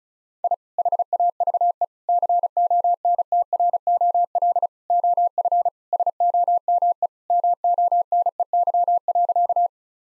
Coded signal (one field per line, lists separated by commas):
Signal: Morse code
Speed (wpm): 34 wpm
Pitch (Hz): 700 Hz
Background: none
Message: I HAVE CONTROL OF SOME MONEY.